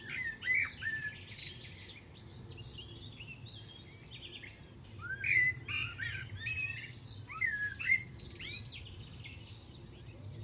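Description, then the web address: Bird chirping in scattered bursts of short, squeaky notes, a few phrases spread throughout over steady low background noise. "cianscape birddata Deverinetal 2025 Bird Only Tu Me"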